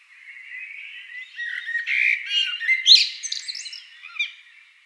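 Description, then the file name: Eurasian blackbird song: quiet warbling that builds into louder, higher twittering phrases, then one last brief note. "amsel"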